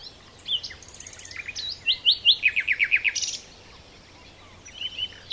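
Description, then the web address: Common nightingale song with scattered whistles, then a fast run of rich repeated notes, ending in quieter chirps. "SETE data Luscinia megarhynchos"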